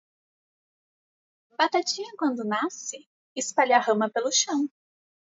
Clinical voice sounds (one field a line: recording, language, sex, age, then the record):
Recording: short text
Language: Brazilian Portuguese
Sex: female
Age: 30 to 39 years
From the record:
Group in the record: control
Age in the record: 30 years